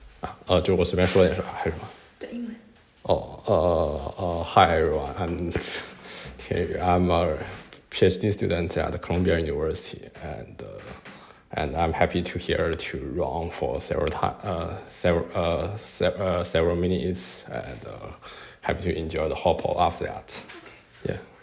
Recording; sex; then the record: free speech after running; male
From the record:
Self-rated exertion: very light exertion (1 of 6); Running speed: 6 miles an hour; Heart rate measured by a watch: 101 beats a minute at the start, 104 at the end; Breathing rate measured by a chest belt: 18 breaths a minute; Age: 25 years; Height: 174 cm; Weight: 71 kg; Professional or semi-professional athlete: no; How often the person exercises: 3 to 5 times a week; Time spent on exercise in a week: 2 to 3 hours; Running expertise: no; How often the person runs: 1 to 2 times a week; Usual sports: running, swimming, badminton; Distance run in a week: 8 km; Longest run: 10 km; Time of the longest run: 48 minutes